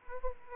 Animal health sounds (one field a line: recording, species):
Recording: mosquito wingbeat signal from an infrared sensor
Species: Aedes aegypti